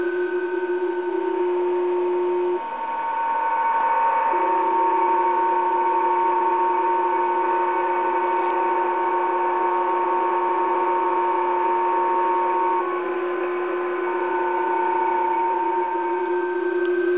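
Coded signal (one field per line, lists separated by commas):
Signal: PSK31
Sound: several steady warbling narrow tones at different pitches over continuous hiss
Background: radio static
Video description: PSK31 is another digital mode that converts typed on computer keyboard letters to specific sounds and send them by the radiostation.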